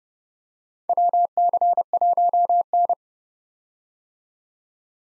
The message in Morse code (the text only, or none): WC1N